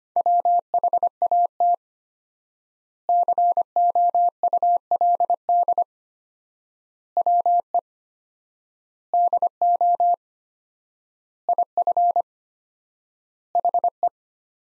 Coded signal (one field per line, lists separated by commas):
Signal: Morse code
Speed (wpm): 25 wpm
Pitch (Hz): 700 Hz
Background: none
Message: WHAT COULD WE DO IF HE